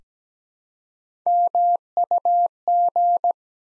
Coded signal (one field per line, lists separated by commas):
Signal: Morse code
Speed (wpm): 17 wpm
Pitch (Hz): 700 Hz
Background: none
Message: MUG